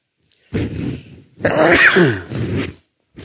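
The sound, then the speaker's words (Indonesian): A sneeze: a short, rough intake of breath followed by a loud, harsh burst with a strained, falling voiced tail, fading out after about two seconds. No talking. “Yahdikumullahu yuslihu balakum.”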